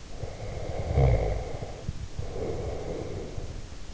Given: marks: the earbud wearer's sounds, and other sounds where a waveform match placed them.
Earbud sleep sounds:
sounds in sleep by an in-ear microphone; snoring breath
0.07-3.88 s: snoring breath

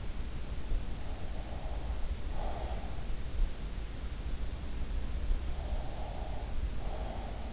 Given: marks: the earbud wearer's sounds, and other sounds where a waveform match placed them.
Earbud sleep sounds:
sounds in sleep by an in-ear microphone; breath
1.12-2.88 s: breath
5.61-7.53 s: breath

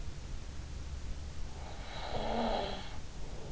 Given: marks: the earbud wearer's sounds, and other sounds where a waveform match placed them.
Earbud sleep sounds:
sounds in sleep by an in-ear microphone; breath
1.10-3.45 s: breath

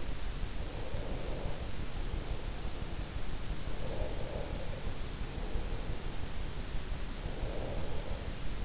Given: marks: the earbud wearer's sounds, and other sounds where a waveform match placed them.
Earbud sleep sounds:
sounds in sleep by an in-ear microphone; breath
0.36-2.43 s: breath
3.85-6.05 s: breath
6.82-8.65 s: breath

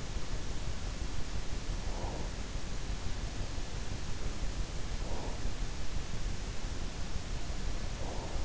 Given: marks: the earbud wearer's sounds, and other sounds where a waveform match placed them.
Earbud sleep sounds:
sounds in sleep by an in-ear microphone; breath
1.57-2.54 s: breath
4.86-5.67 s: breath
7.80-8.45 s: breath

